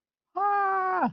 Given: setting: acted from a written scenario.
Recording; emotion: vocal sound without words; interest